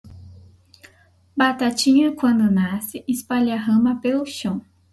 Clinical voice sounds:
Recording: short text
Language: Brazilian Portuguese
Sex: female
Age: 20 to 29 years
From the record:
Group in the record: control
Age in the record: 29 years

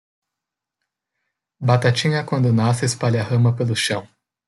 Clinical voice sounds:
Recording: short text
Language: Brazilian Portuguese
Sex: male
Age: 20 to 29 years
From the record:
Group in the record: control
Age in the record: 24 years

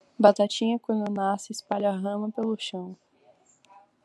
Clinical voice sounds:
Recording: short text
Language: Brazilian Portuguese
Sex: female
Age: 18 to 19 years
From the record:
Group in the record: control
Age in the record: 18 years

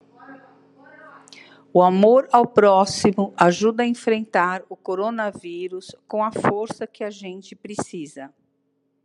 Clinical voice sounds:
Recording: spoken sentence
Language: Brazilian Portuguese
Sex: female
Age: 60 to 69 years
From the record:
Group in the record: control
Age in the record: 64 years

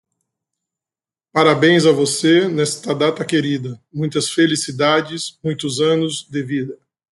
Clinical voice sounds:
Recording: short text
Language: Brazilian Portuguese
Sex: male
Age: 40 to 49 years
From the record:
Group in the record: control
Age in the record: 40 years

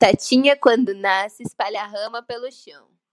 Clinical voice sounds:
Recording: short text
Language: Brazilian Portuguese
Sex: female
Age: 20 to 29 years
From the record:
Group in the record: control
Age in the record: 20 years

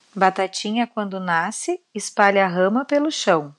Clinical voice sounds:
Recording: short text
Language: Brazilian Portuguese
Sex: female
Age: 40 to 49 years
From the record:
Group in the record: control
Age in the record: 43 years

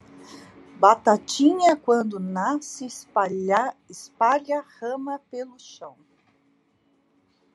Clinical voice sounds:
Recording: short text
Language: Brazilian Portuguese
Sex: female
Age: 50 to 59 years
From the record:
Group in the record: control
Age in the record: 51 years

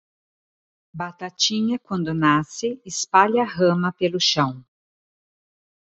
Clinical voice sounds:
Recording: short text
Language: Brazilian Portuguese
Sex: female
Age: 50 to 59 years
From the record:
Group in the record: control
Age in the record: 54 years

